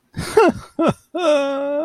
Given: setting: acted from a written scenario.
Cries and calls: vocal sound without words; sadness

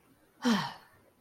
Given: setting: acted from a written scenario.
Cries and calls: vocal sound without words; contentment

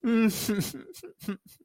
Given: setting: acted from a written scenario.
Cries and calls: vocal sound without words; sadness

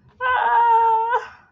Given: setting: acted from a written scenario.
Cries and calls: vocal sound without words; distress

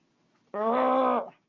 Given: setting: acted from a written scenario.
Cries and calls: vocal sound without words; anger

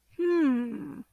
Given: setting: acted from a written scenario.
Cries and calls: vocal sound without words; interest

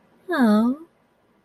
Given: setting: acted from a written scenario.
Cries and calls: vocal sound without words; sympathy

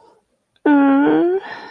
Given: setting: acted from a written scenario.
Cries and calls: vocal sound without words; guilt

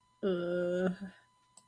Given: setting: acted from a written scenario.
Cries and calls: vocal sound without words; guilt

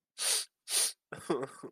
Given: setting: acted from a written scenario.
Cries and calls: vocal sound without words; sadness

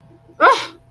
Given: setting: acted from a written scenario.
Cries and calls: vocal sound without words; negative surprise

